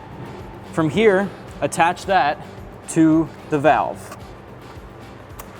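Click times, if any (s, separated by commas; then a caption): 5.4 s. A PCV hose end fitting is pushed onto the PCV valve of a truck engine while someone talks. It seats with a short, sharp snap at 5.4 s, locking into place.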